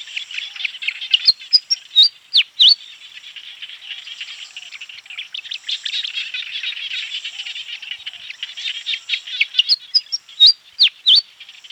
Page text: Pied Fantail Song. Quick Sounds library